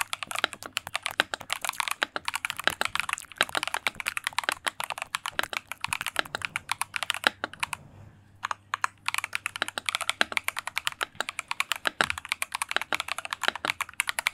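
Rapid keyboard typing clatters densely throughout with crisp bright clicks, a brief pause near eight seconds, and a faint low hum beneath.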